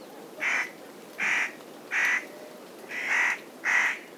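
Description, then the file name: Spotted nutcracker calling with five harsh, scratchy, broad-toned calls at uneven intervals, against faint background noise. Recorded at Kamikawa, Japan, on 23 July 2006. "hoshigarasu kamikawa hanada"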